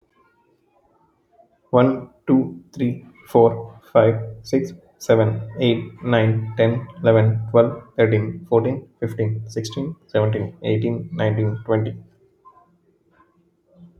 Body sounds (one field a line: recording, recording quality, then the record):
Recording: counting at a fast pace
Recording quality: excellent, no background noise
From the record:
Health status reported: healthy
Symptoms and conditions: none ticked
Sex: male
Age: 30 years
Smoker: not ticked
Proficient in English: yes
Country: India